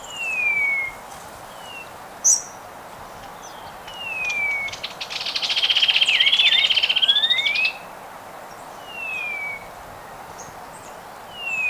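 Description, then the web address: Black-winged Saltator: songbird with drawn-out falling whistles spaced every few seconds and a rich, buzzy warbled phrase in the middle, over a steady background hiss. Ecuador. "Natures Songs S America Birds of Ecuador, Black-winged Saltator"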